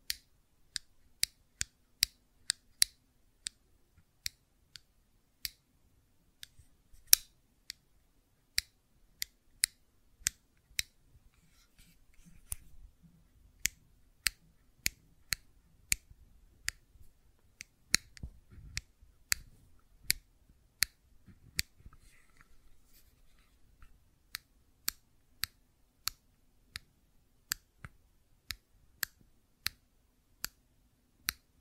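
Sharp, crisp clicks from a fidget cube come in a fairly steady stream, about two per second, with brief pauses between runs. Around the middle, softer low tapping and rubbing fills the gaps before the bright clicking takes over again.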